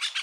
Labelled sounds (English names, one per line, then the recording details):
Brown-throated Parakeet contact call
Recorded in Aruba
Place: hill w/tanki N of Savaneta
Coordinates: 12.461, -69.944